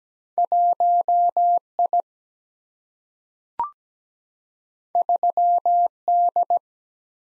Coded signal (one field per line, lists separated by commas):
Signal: Morse code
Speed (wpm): 17 wpm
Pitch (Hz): 700 Hz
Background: none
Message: 1 I 3 D